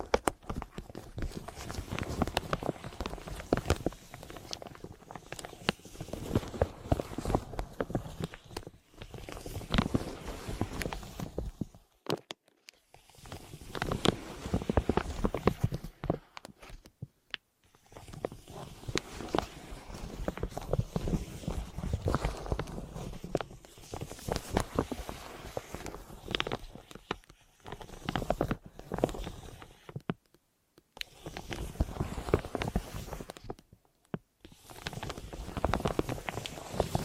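Deep ear crinkles and scratchy massage sounds come in dense bursts of rapid clicks and rustles, each stretch lasting a few seconds. Short silent gaps break the rubbing around 9, 12, 17, 30 and 34 seconds before the crinkling resumes.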